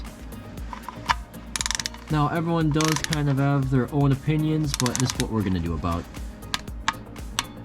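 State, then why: Torque reached. A steel oil drain plug is tightened into the aluminum oil pan of a 2009-13 Toyota Corolla with a click-type torque wrench set to about 22 ft-lb. A quick burst of ratcheting is heard around 1.6–1.9 s while someone talks. Sharp torque-wrench clicks follow at 6.9 s and 7.4 s, showing the wrench has reached its setting.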